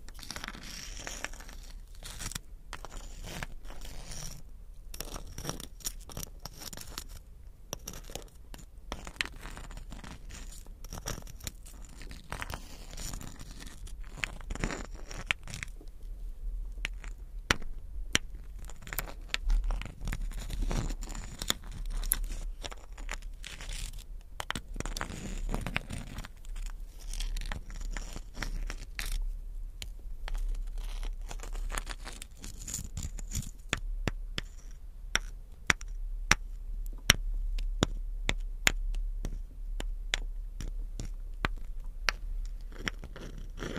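Crystals, beads and jewels are tapped and scratched in a continuous, irregular stream of small clicks and rattles across the full 44 seconds. Sharp bright ticks stand out above a low steady rumble, with busier scraping passages around 17–27 seconds and near the end.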